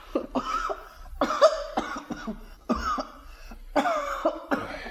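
A person coughs in repeated harsh, hacking fits, several rough bursts in quick succession with short pauses between, fairly loud and raspy, with no talking.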